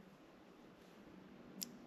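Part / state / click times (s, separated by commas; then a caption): crimped terminal pin into connector housing cavity / seated / 1.6 s. A crimped terminal pin is pushed into the empty cavity 12 of a connector housing on a wiring harness for auxiliary switches in a 2019+ Ram 2500/3500. Over a low, steady background, a single sharp, brief click sounds at 1.6 s. The terminal is seated.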